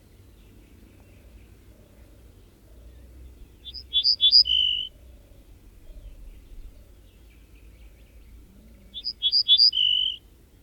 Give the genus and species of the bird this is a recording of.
Emberiza hortulana